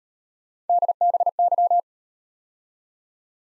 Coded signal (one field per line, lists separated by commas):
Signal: Morse code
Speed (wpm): 36 wpm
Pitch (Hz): 700 Hz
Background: none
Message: DBY